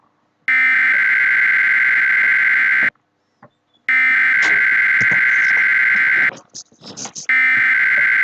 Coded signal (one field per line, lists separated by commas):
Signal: Emergency Alert System (SAME) tones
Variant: header bursts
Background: speech